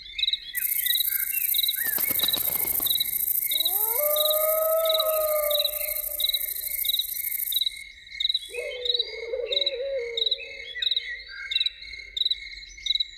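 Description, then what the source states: Loon giving two long, drawn-out wailing notes, the first steady and sustained, the second wavering, over a dense, continuous pulsing chorus of crickets. Evening.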